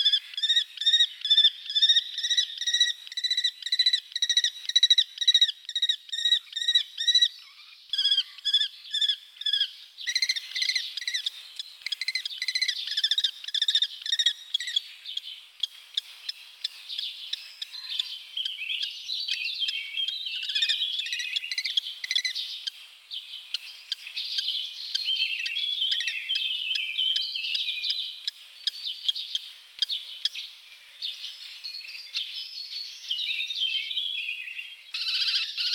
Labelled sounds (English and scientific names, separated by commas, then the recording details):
Common Kestrel (Falco tinnunculus)
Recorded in the wild
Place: Oberrotweil am Kaiserstuhl, Baden-Württemberg, DE
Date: 1978-05-13
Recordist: Schwarz, Dieter